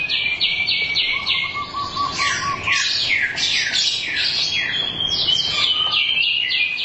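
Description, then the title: Thrush song, a run of quick repeated whistled notes followed by rapid sweeping, slurred phrases, then more repeated notes. "burung anis x"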